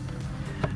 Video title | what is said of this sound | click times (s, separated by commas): 2021 Chevy trax intake filter replacement and resonator delete | okay so it pops right in | 0.6 s